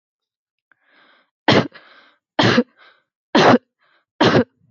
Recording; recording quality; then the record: heavy voluntary cough; excellent, no background noise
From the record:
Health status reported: exposed to COVID-19, no respiratory illness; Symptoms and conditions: none ticked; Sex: female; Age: 23 years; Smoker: not ticked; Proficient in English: yes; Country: India